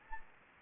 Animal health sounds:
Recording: mosquito wingbeat signal from an infrared sensor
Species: Anopheles gambiae

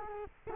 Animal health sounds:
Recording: mosquito wingbeat signal from an infrared sensor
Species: Culex quinquefasciatus

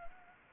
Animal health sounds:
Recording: mosquito wingbeat signal from an infrared sensor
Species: Anopheles gambiae

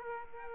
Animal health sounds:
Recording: mosquito wingbeat signal from an infrared sensor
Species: Aedes aegypti

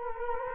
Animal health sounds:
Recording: mosquito wingbeat signal from an infrared sensor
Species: Culex quinquefasciatus

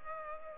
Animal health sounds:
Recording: mosquito wingbeat signal from an infrared sensor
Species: Culex pipiens

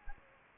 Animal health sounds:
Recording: mosquito wingbeat signal from an infrared sensor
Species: Anopheles gambiae

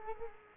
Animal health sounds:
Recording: mosquito wingbeat signal from an infrared sensor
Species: Culex quinquefasciatus

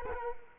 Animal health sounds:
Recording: mosquito wingbeat signal from an infrared sensor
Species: Culex quinquefasciatus

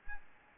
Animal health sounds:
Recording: mosquito wingbeat signal from an infrared sensor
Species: Aedes albopictus

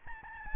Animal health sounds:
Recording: mosquito wingbeat signal from an infrared sensor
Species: Aedes albopictus

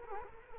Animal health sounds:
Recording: mosquito wingbeat signal from an infrared sensor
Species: Culex quinquefasciatus

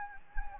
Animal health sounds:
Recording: mosquito wingbeat signal from an infrared sensor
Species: Anopheles gambiae

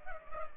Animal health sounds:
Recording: mosquito wingbeat signal from an infrared sensor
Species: Culex pipiens

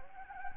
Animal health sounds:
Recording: mosquito wingbeat signal from an infrared sensor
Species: Anopheles gambiae

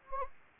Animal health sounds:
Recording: mosquito wingbeat signal from an infrared sensor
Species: Anopheles gambiae

